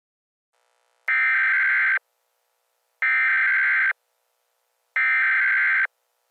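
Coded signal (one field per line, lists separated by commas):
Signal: Emergency Alert System (SAME) tones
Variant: header bursts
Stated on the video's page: Fictional scenario.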